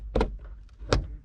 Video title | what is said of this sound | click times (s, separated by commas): scion iq interior light upgrade #simplesickbuilds | that had a nice click to it let me grab the other one | 0.9 s